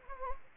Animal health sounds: mosquito wingbeat signal from an infrared sensor; Anopheles gambiae

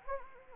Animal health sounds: mosquito wingbeat signal from an infrared sensor; Anopheles gambiae

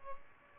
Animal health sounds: mosquito wingbeat signal from an infrared sensor; Aedes albopictus

